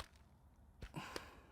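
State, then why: Seated. A collapsible zoom lens is turned out of its retracted state to the 35 mm position. After some low handling noise around 0.8 to 1.0 seconds, a single faint click at 1.2 seconds marks the barrel locking into its extended shooting position.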